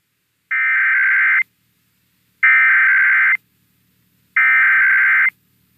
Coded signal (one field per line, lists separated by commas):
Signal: Emergency Alert System (SAME) tones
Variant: header bursts